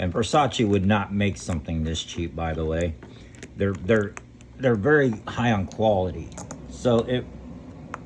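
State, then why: Seated. Someone talks while comparing a fake and a real Versace cologne bottle, then presses a cologne bottle cap down onto the glass bottle neck. The cap snaps on with a short, sharp click at 7.9 s, seated.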